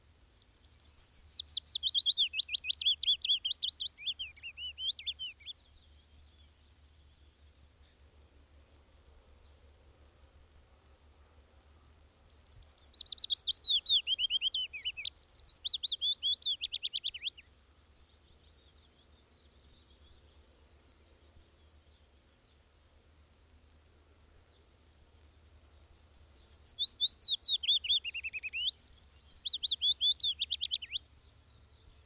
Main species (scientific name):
Phylloscopus trochilus